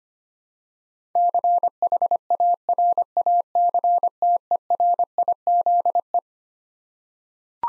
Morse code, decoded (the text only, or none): CHARACTERIZE